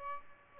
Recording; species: mosquito wingbeat signal from an infrared sensor; Aedes albopictus